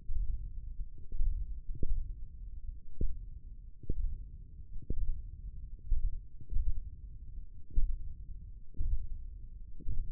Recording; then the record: forearm muscle sounds (acoustic myography)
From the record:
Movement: finger pinch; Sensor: system 1, eight BSWA MPA416 microphones around the upper forearm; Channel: 4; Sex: male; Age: 20 years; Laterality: left